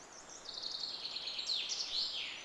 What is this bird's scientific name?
Fringilla coelebs